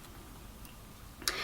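The front metal snap clip of a hair topper is pressed closed onto the wearer's own hair at the bangs. After a quiet stretch with a faint tick, a sharp, bright snap rings out at 1.3 s as the clip shuts and seats.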